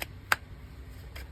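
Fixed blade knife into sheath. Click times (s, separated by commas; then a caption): 0.3 s. A fixed blade knife is pushed into a heat-formed plastic kydex-style sheath and snaps into the retention point with a sharp, bright click at 0.3 s, seating it in the sheath. Fainter ticks come at the start and near 1.2 s, over a low background hum.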